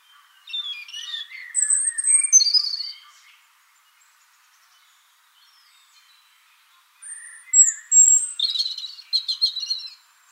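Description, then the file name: European robin song: two high, varied phrases of thin whistles and rapid warbles separated by about four seconds of near silence. "Erithacus rubecula"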